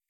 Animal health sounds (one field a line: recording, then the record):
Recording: hydrophone in a shrimp aquaculture tank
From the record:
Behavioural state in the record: feeding